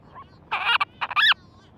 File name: Monteiros Storm Petrel